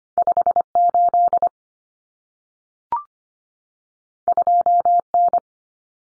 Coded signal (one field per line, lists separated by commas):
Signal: Morse code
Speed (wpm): 25 wpm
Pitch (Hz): 700 Hz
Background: none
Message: 58 2N